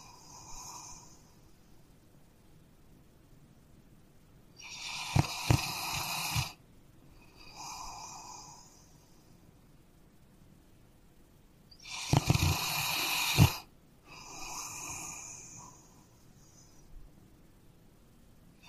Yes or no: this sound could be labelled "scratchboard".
no